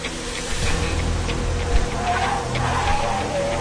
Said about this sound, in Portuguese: O carro chegou.